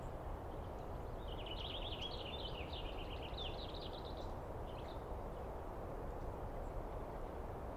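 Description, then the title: Douglas squirrel giving a single three-second burst of rapid, jittery chatter ending in a brief extra note, then only low rumbling noise. Douglas squirrel screaming and calling persistently for a long time at dawn, morning of 21 April 2017, East Cascades; identified by its sound. "Interview With The Chipmunk"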